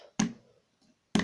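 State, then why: Released. Two hinged side panels of a plastic brick toy vehicle's cockpit are swung open so a minifigure can go inside. Their ratchet hinges give sharp clicks at 0.2 and 1.2 seconds, and the panels are released open.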